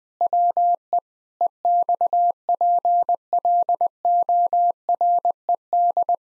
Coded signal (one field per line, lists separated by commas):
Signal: Morse code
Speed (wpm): 20 wpm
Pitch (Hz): 700 Hz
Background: none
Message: WE EXPLORED